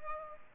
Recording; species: mosquito wingbeat signal from an infrared sensor; Culex pipiens